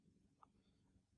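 The white end of a pin/socket insertion-extraction tool is slid along the wire into the back of the connector's contact cavity until it clicks home over the contact. One faint, sharp click is heard at 0.4 seconds against a low background hum, and the tool is seated.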